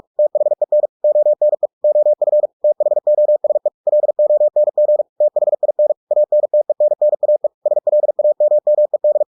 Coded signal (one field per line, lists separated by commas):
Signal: Morse code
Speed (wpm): 46 wpm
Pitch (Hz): 600 Hz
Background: none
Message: THEN ONE OF THOSE LONG THIN ANTENNAE SLAMMED